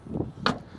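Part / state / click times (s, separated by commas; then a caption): rear seatback latch engaging the car body striker / seated / 0.5 s. A Ford Mustang Mach-E's folded rear seatback is pulled up into its upright position, with a soft shuffle of movement before the latch engages the car body striker with a sharp click at 0.5 s. The seatback is seated and locked in place.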